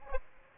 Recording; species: mosquito wingbeat signal from an infrared sensor; Aedes aegypti